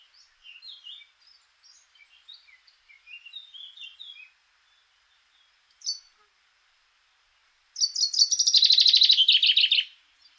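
Common chaffinch song: soft high twittering notes, a brief sharp note, then a loud, fast rattling phrase of repeated notes that descends in pitch over about two seconds.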